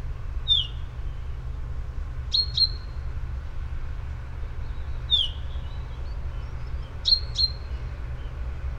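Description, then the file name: Common chaffinch giving clipped, high downslurred call notes, some doubled, spaced a few seconds apart, with a constant low background hum. "Fringilla coelebs"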